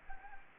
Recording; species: mosquito wingbeat signal from an infrared sensor; Anopheles gambiae